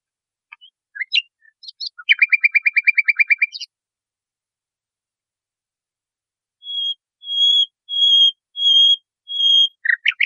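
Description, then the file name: Nightingale: scattered chirps, a metallic rapid trill, a long pause, then five drawn-out high whistles repeated at a slow, even pace. Masteran recording, made for training caged songbirds. "suara masteran nightingale"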